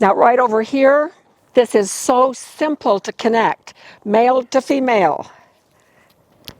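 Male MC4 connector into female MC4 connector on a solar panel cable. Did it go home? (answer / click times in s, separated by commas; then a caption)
yes / 6.5 s. A male MC4 solar cable connector is pushed into its female MC4 mate on a solar panel cable, outdoors by the solar panel, while someone talks. After a short pause, a sharp snap is heard at 6.5 s as the connector seats.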